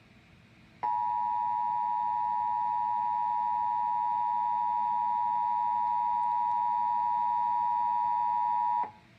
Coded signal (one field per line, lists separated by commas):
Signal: Emergency Alert System (SAME) tones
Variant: 853 and 960 Hz attention tone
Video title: KSL 5 “National EAS Test” October 3, 2018 12:20pm